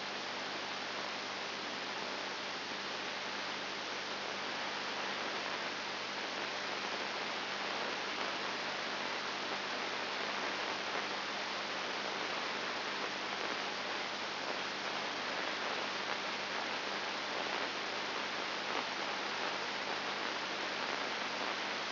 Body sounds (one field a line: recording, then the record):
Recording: brain microelectrode recording played as sound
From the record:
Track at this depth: inside the subthalamic nucleus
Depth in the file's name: 5.301 mm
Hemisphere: left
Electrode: 2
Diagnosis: Parkinson's disease